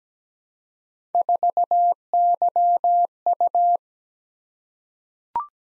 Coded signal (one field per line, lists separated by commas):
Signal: Morse code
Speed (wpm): 17 wpm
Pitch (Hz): 700 Hz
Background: none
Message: 4YU